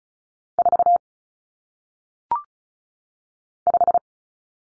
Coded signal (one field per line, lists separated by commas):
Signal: Morse code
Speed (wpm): 34 wpm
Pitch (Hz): 700 Hz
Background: none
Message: 4 5